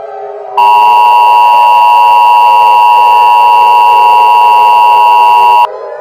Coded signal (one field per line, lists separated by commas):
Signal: Emergency Alert System (SAME) tones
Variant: 853 and 960 Hz attention tone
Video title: EAS Scenario 1 - Lost In Silence